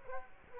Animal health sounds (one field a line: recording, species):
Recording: mosquito wingbeat signal from an infrared sensor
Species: Culex quinquefasciatus